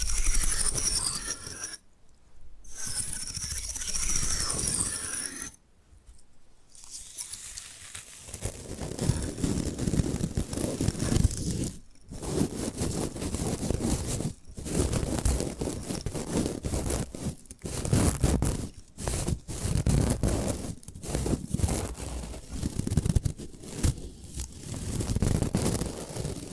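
Bamboo being scratched and brushed, with dense, rough rasping that runs in strokes broken by brief silences near 2, 6, 12, 14, 19 and 23 seconds. The opening is thin and bright, then the sound turns fuller and lower with quick ratcheting, crinkly scraping textures.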